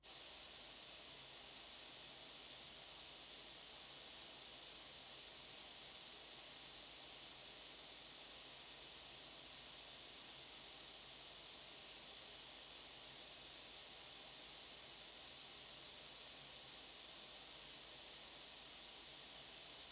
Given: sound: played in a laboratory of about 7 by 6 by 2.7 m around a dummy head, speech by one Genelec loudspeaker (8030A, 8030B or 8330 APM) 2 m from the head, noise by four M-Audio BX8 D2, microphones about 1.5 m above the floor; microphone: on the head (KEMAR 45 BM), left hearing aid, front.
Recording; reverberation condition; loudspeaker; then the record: white noise; low; four, about 170 cm from the corners of the room and facing them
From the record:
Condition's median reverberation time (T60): about 310 ms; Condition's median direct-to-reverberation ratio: about 3.5 dB